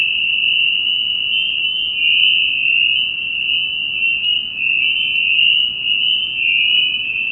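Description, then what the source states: Spring peeper chorus: countless high, clear peeps overlapping into a steady shrill wall of sound, swelling and easing slightly throughout. Recorded in New Paltz.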